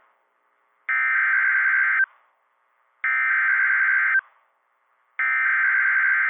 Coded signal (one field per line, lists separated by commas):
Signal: Emergency Alert System (SAME) tones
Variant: header bursts